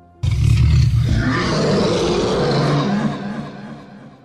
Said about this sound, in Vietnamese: Sau khi hoàn thành xong tất cả các đạo phù văn thì trong mơ hồ có một hổ gầm long ngâm dẫn tới thiên địa xảy ra biến đổi dị thường.